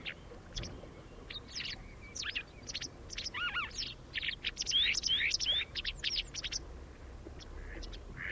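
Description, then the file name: White wagtail giving quick, sharp chirps, irregular and busy, with several thin slurred whistles in the middle. "Ballerina Bianca"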